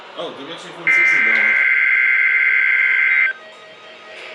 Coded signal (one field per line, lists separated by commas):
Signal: Emergency Alert System (SAME) tones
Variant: header bursts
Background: speech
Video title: EAS #2 | Required Weekly Test | Miamisburg, OH | WXJ46 | July 13th, 2022.